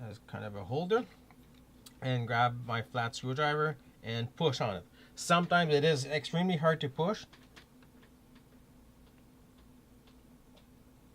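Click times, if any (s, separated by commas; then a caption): none. Someone talks while a soldered EC3 bullet pin is pushed into its plastic connector housing with a flat screwdriver, a push that can take hard force until the pin clicks home, which means it is solid and won't come off. Faint small ticks sound around 1.3 s and 1.9 s under the talking, which stops at about 7.3 s, leaving a quiet low hum to the end. Nothing has seated or clicked yet.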